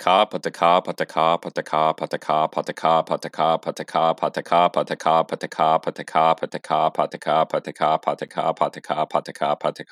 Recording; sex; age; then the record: repeated syllables /pa ta ka/; male; 20 to 29 years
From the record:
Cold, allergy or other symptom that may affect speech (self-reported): no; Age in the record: 22 years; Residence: Indiana, United States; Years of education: 14